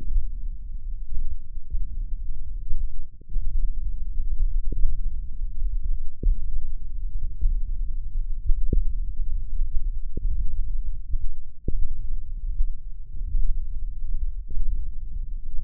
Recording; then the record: forearm muscle sounds (acoustic myography)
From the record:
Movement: hand opening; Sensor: system 1, eight BSWA MPA416 microphones around the upper forearm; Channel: 5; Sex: female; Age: 21 years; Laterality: right